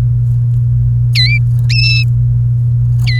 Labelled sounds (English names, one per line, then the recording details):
Domestic Canary song
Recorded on 29 April 2018 at 15:18
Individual llb3